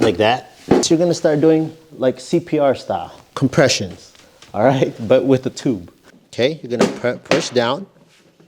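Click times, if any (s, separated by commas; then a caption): none. Someone talks while pressing down "CPR style" on a galvanized sheet-metal round duct pipe to close its longitudinal snap-lock seam. Only speech is heard, and the clip ends before the seam goes home, so nothing has snapped closed yet.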